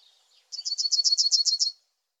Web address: IVN Zangvogels Geelgors